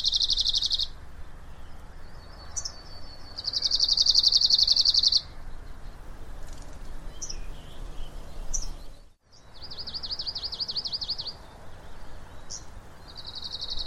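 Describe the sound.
Bird calls in repeated high, rapid trills, some steady and one wavering, separated by short chip notes, with low rumbling background noise.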